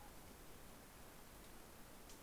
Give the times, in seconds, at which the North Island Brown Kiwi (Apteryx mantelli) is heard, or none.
none